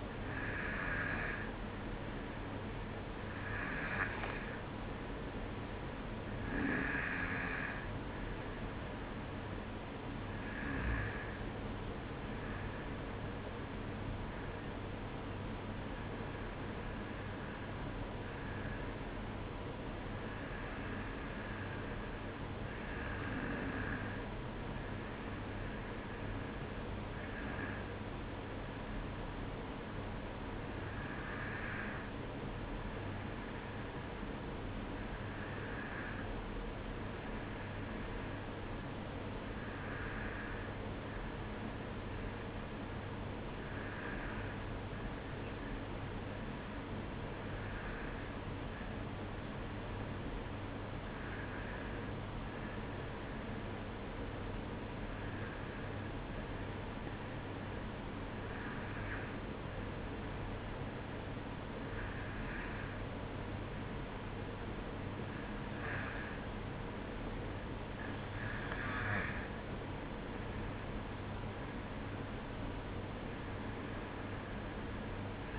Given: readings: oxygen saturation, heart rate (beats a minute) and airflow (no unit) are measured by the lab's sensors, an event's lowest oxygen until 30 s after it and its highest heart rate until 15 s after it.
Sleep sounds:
breathing in sleep by a voice recorder at the bedside; 1
2.00-32.00 s: new sleep stage, N1 (lightest sleep)
32.00-62.00 s: new sleep stage, N2 (light sleep)
36.00-71.20 s: hypopnea (N2, oxygen 94% highest, then 93% lowest, heart rate 52 at the start, 56 highest)
62.00-75.59 s: new sleep stage, N1 (lightest sleep)
From the record:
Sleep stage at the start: N2 (light sleep); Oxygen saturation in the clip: 93 to 94%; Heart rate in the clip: 52 to 56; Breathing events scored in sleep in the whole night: 305 in 9.6 hours asleep

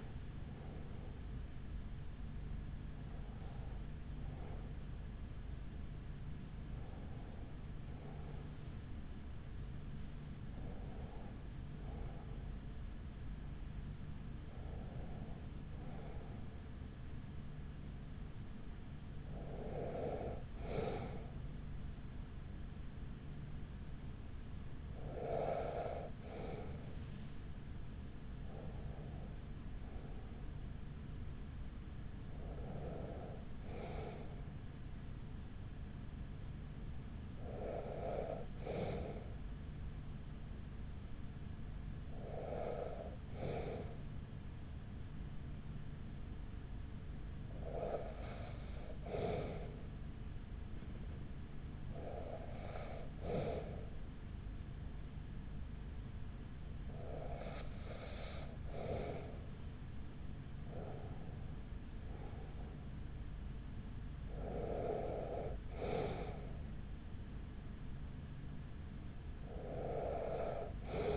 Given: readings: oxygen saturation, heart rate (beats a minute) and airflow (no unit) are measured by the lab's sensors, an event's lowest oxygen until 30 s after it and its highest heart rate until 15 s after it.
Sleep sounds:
breathing in sleep by a smartphone at the bedside; 1
0.00-22.00 s: awake
15.00-59.50 s: hypopnea (scored as awake, oxygen 96% highest, then 94% lowest, heart rate 48 at the start, 50 highest)
19.00-71.17 s: new sleep stage, N1 (lightest sleep)
From the record:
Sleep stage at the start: awake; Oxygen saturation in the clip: 94 to 96%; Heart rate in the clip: 42 to 60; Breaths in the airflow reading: 16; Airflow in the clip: -6.3 to 6.2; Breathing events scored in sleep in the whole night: 207 in 7.6 hours asleep

